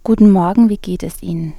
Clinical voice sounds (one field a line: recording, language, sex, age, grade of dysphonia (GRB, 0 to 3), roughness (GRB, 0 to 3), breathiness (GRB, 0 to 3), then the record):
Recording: spoken sentence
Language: German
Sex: female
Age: 30 to 39 years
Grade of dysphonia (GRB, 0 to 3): 2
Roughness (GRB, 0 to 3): 1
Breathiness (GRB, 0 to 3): 2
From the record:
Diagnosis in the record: hyperfunctional dysphonia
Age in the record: 33 years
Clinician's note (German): Leichte Form bei Stimmberuf